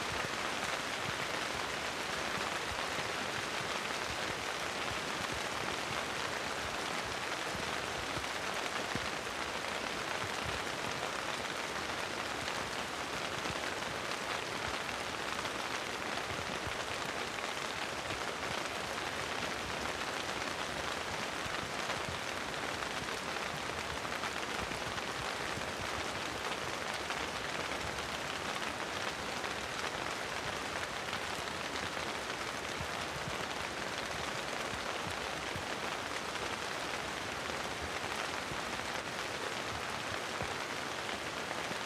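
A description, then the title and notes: Heavy rain falls steadily under a spruce canopy, a dense, unbroken hiss that holds the same level for the whole stretch. Large drops patter thickly and quickly through it, with a bright, crackling texture and little low rumble beneath. Rain, Heavy, Large Drops on Spruce. Constant heavy rain with large drops under a Spruce canopy.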